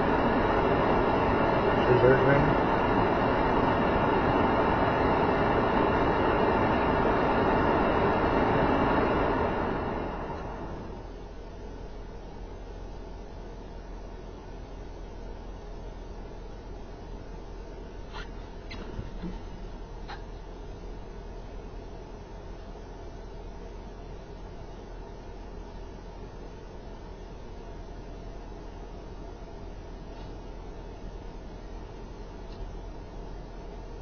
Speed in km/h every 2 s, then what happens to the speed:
0, 0, 0, 0, 0, 0, 0, 0, 0, 0, 0, 0, 2, 0, 0, 0, 0.
0-34 standing.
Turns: none.